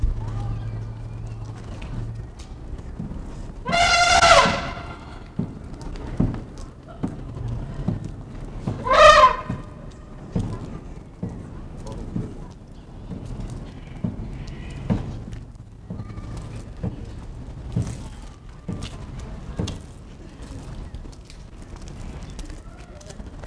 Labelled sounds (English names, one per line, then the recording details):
Asian Elephant trumpet call
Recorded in captivity
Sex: male
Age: adult
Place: Zoo Berlin, Berlin, DE
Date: 1959-11-07 14:45
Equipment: Reporter (Vollspur)
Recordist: Tembrock, Günter